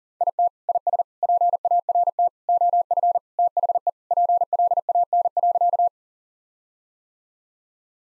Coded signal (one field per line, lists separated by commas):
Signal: Morse code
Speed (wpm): 40 wpm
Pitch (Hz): 700 Hz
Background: none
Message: IT IS PART OF THE PLAN.